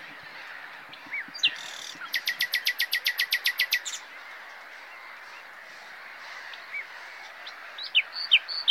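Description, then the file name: Common nightingale delivers a rapid, evenly spaced series of dry clicking notes, with softer chirps before and after. "Luscinia megarhynchos"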